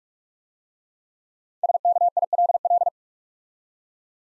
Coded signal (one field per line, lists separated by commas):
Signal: Morse code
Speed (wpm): 44 wpm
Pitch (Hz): 700 Hz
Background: none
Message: SKILL